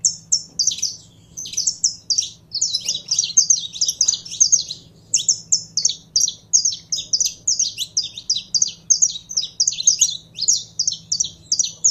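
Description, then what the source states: Belgian canary song: rapid, continuous phrases of high twittering and rolled notes, with brief pauses between bursts and a steady low hum underneath. Song of a purebred Belgian canary.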